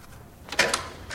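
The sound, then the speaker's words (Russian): An office door opens as someone enters, with two quick, fairly loud clunks of the latch and handle, followed by a softer rustle as it swings; no one speaks. “Заходит.”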